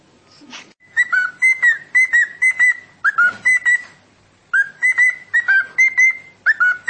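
Cockatiel calls: short, bright whistled notes in quick series, in groups separated by brief pauses.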